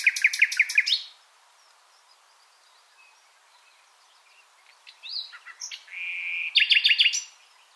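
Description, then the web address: Common nightingale song: a loud burst of rapidly repeated notes, a pause, then varied whistles building into a fast, harsh trill. "SETE Luscinia megarhynchos"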